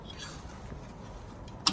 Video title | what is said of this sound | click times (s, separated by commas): 🇬🇧BMW Rear Brake Rattle, Hand Brake Shoes Fitted UPSIDE DOWN!! | through the back plate back plate and then twist it till it just locks into place | 1.7 s